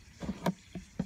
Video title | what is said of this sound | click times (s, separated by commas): How Jandy in floor cleaning works. Jet Vac system. Swimming Pools demystified | locks into place like that now | 0.5 s